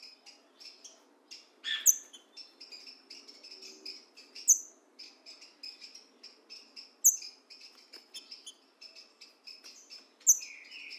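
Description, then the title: Green-winged saltator song: a loud, high note recurring every few seconds among continuous chattering chirps and short trills. In the bush, dueling in song with a free-living bird. "Trinca Ferro NICÃ O"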